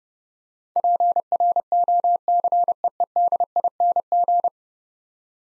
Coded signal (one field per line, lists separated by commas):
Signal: Morse code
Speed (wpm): 32 wpm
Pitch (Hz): 700 Hz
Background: none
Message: PROCEEDING